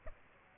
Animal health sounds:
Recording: mosquito wingbeat signal from an infrared sensor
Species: Aedes aegypti

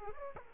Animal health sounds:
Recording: mosquito wingbeat signal from an infrared sensor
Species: Aedes aegypti

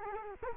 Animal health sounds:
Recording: mosquito wingbeat signal from an infrared sensor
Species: Culex quinquefasciatus

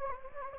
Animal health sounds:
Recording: mosquito wingbeat signal from an infrared sensor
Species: Anopheles gambiae

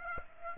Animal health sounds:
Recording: mosquito wingbeat signal from an infrared sensor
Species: Aedes aegypti

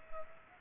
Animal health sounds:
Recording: mosquito wingbeat signal from an infrared sensor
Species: Culex pipiens

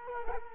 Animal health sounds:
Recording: mosquito wingbeat signal from an infrared sensor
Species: Culex quinquefasciatus

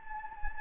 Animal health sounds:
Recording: mosquito wingbeat signal from an infrared sensor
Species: Anopheles gambiae

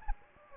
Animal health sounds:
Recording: mosquito wingbeat signal from an infrared sensor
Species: Anopheles gambiae

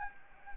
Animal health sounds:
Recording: mosquito wingbeat signal from an infrared sensor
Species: Anopheles gambiae

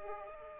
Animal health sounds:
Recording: mosquito wingbeat signal from an infrared sensor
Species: Aedes aegypti

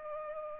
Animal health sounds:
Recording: mosquito wingbeat signal from an infrared sensor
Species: Culex pipiens

